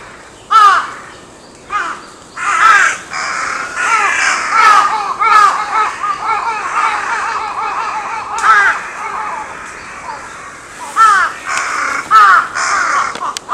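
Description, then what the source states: Crow giving loud harsh caws, with rapid overlapping calls in busier stretches and some sharp isolated caws between them. Recorded 14 May 2022.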